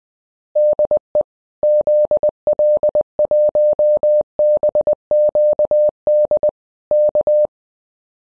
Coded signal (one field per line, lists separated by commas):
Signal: Morse code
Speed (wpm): 20 wpm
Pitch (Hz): 600 Hz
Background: none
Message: DE ZL1BQD K